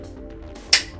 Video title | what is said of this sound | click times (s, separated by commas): Stream VOD: Alienware Area-51 AAT2250 Teardown And Reassembly | The two blue tabs lock into place. That's now not going anywhere. That's in place. | 0.7 s